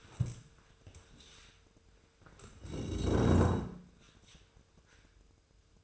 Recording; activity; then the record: daily activity, microphone in the room; stand up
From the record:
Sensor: 2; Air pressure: 1005.2 hPa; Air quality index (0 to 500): 101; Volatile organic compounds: 2 ppm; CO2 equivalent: 1222 ppm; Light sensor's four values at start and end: 7/17/7/7 and 7/17/7/7